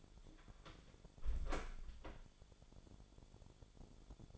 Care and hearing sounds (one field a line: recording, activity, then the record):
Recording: daily activity, microphone in the room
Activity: close door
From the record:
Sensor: 5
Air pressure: 1015.2 hPa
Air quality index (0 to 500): 219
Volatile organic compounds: 12 ppm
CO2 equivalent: 2378 ppm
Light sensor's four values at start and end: 35/80/32/31 and 35/80/32/31